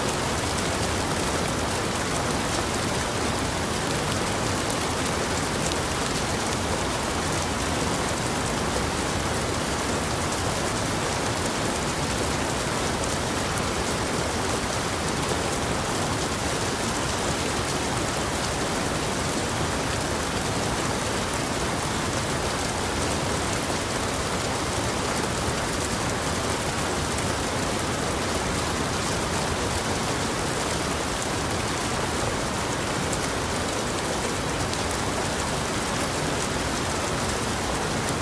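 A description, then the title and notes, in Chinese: A sudden heavy downpour hisses steadily for the whole stretch, dense and unbroken, with no lulls or changes in strength. The rain is a full bright wash with a softer low rumble underneath, and no other distinct sounds stand out. 突來的一場大雨。Rain's solo。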